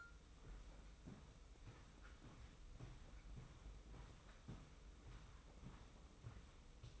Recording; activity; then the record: daily activity, microphone in the room; walk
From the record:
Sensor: 1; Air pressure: 990.7 hPa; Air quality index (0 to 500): 151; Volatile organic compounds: 1000 ppm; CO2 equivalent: 5478 ppm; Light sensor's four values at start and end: 26/61/26/28 and 25/58/25/27